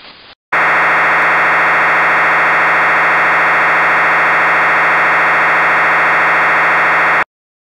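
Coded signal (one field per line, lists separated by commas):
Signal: fast PSK data mode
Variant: MSK144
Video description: Demo of MSK144 from WSJT talk at Ham Radio 2.0 2018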